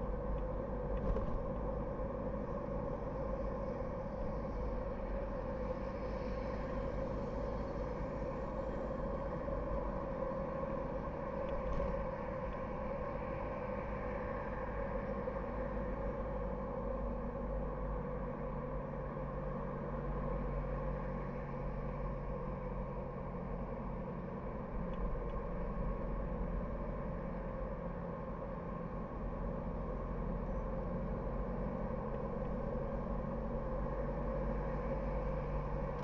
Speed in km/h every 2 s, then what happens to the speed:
52, 54, 55, 55, 54, 57, 56, 54, 52, 51, 50, 49, 46, 46, 46, 45, 47, 50.
0-13 steady at about 55. 13-29 slows to 45. 29-36 steady at about 47.